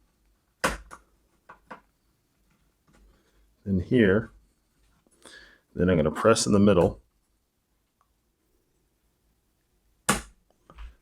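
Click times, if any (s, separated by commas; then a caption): 10.1 s. A DDR4 memory module is pressed down in the middle into a motherboard DIMM slot while someone talks. At 10.1 s the slot's retention latch snaps shut with a sharp click, and the module is seated. Fainter taps come just after.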